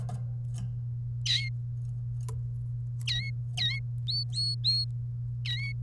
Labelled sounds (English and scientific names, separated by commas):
Domestic Canary (Serinus canaria) song